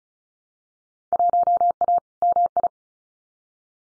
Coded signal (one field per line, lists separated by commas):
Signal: Morse code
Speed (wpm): 34 wpm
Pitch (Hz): 700 Hz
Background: none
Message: 1A MI